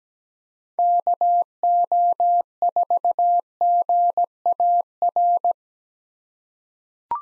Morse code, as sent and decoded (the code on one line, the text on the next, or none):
-.- --- ....- --. .- .-.
KO4GAR